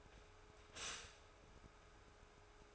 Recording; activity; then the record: daily activity, microphone in the room; stop toaster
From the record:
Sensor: 2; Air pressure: 1014.6 hPa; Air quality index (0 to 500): 200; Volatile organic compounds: 22 ppm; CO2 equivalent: 2744 ppm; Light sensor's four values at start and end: 3/9/3/3 and 3/9/3/3